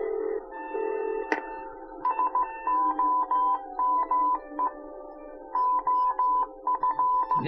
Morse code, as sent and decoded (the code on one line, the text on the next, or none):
... --- -- . / --- ..-.
SOME OF